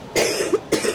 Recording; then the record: coughing mixed with background sound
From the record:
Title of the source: 60 coughing still (deep and wet cough)